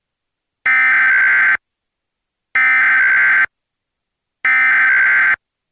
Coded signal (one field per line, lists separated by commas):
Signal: Emergency Alert System (SAME) tones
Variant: header bursts